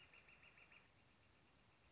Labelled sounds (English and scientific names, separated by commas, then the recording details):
Northern Flicker (Colaptes auratus)
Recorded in Sonoma County, California